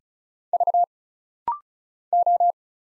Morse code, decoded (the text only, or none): V O